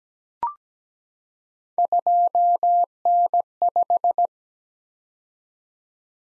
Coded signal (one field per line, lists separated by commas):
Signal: Morse code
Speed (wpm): 17 wpm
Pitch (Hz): 700 Hz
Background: none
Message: 2N5